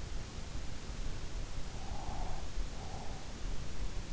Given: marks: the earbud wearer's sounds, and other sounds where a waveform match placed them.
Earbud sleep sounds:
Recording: sounds in sleep by an in-ear microphone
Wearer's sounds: breath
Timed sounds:
1.70-3.70 s: breath

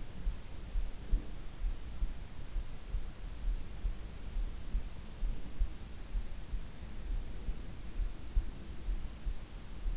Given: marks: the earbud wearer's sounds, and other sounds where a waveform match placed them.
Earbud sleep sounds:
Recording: sounds in sleep by an in-ear microphone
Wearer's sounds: breath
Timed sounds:
0.00-1.49 s: breath

